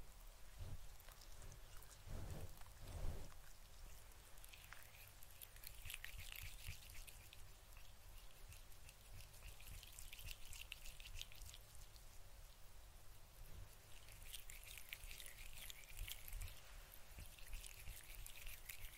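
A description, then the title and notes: Fingers brush and rub across a fluffy microphone cover, making a dense, crackly rustle like rain pattering, with no speech. A few soft low thumps come early, around two to three seconds, then the scratchy brushing swells into brighter waves through the middle and again near the end. Fluffy Mic TRIGGERS. Scalp Massage. No Talking.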